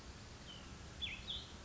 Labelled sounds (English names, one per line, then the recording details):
Cassin's Vireo
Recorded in Sonoma County, California